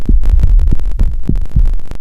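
Heart sounds of atrial fibrillation: an irregular heartbeat with no steady rhythm, sometimes fast and sometimes slow.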